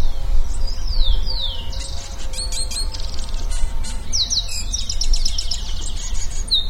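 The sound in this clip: Bird song made of falling whistled notes and fast stuttering buzzy trills, almost continuous, set against a constant low hum of background noise.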